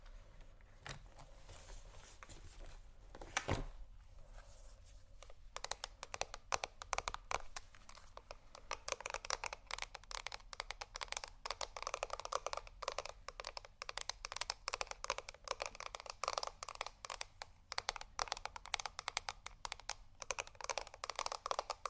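Rummaging through a makeup bag: after a quieter opening with a few soft rustles and one sharp knock near three and a half seconds, dense clicking and clattering of small items begins around five seconds. The rattling stays busy and irregular until the end.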